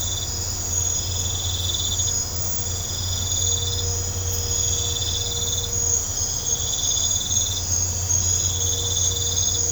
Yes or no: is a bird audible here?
no